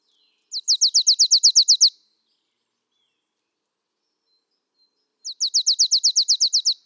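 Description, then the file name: Marsh tit giving two rapid trills of about a dozen high, sharp, downslurred notes, separated by a few seconds of silence. "Poecile palustris"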